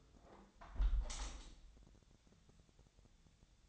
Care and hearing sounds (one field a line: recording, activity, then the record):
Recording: daily activity, microphone in the room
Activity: close window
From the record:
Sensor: 3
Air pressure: 1014.9 hPa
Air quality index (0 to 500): 26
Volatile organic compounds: 1 ppm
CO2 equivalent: 506 ppm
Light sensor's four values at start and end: 10/22/9/9 and 10/22/9/9